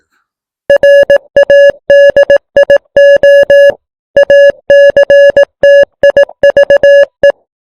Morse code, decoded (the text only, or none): RADIO ACTIVE